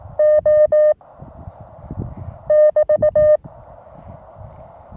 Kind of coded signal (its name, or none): Morse code